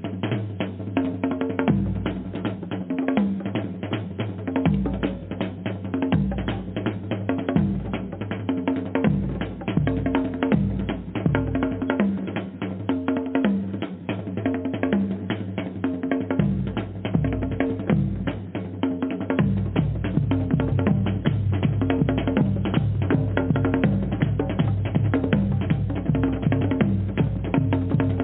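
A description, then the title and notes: Drumming plays without pause, a dense, fast stream of sharp hits over a heavy low pulse that swells and drops in blocks. Around twenty seconds the low end thickens and stays fuller to the end. The sound is dull, with no bright top. DRUMMING SOUNDS,VIBRATION FREQUENCIES.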